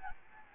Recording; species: mosquito wingbeat signal from an infrared sensor; Anopheles gambiae